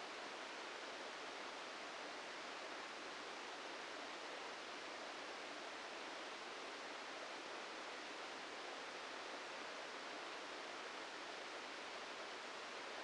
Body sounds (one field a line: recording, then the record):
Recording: brain microelectrode recording played as sound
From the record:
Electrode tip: inside the subthalamic nucleus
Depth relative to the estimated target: 2 mm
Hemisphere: left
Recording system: NeuroSet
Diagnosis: Parkinson's disease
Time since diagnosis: 14 years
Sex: male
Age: 51 years